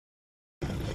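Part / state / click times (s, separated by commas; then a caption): coolant hose fitting with retaining clip into the thermostat housing / not seated / none. During thermostat reinstallation on a 2009-2016 2.0L Volkswagen Tiguan, a plastic coolant hose fitting with a retaining clip is lined up and pushed toward the thermostat housing. The clip is silent until about 0.6 s, then carries steady, broadband handling noise to the end. Nothing has seated or clicked yet.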